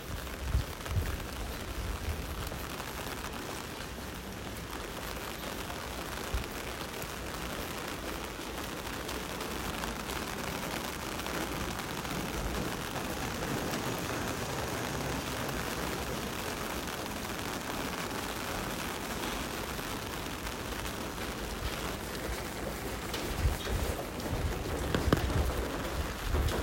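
Rain patters steadily on an umbrella overhead, a dense, even hiss of drops that barely changes over the whole clip. A few low, soft thumps stand out near the start and again toward the end, like heavier drips or the umbrella shifting.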